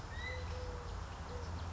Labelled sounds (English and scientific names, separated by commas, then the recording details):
Eurasian Collared Dove (Streptopelia decaocto)
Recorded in Sonoma County, California